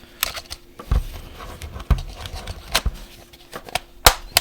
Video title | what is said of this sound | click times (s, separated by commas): SUPERUS Head Strap For The Meta Quest 3 - Unboxing & Assembly | push that into place you could hear it click in there | 4.1 s